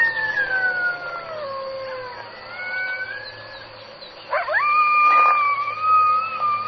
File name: coyote